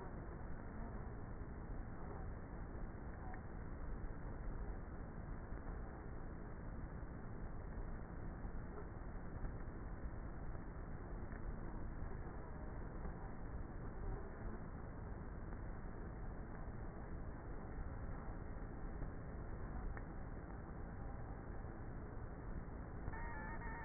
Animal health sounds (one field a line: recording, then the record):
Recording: honeybee colony, microphone inside the hive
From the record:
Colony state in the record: queenless with a low population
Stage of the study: before two queens were removed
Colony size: about 30,000 bees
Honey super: no